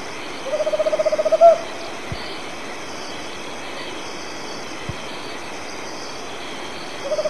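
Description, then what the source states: Tropical Screech-Owl call: a soft purring trill of quick, evenly spaced hoots that ends in a louder stressed note, with a second call starting at the end over a steady background hum. Recorded in Argentina.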